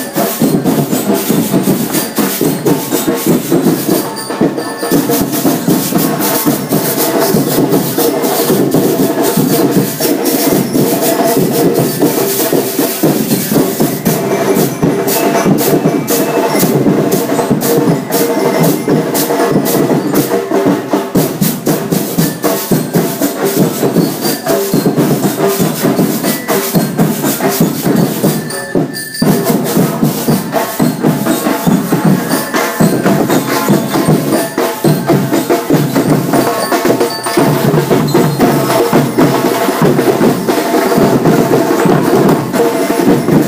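A street parade in Costa Rica, a dense and steady wall of sound with no quiet gaps for the full length. Many overlapping tones and rapid, regular pulses run throughout, suggesting music and crowd, with brief sharp bursts around 5 and 29 seconds.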